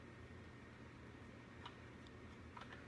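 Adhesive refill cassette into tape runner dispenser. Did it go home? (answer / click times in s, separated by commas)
no / none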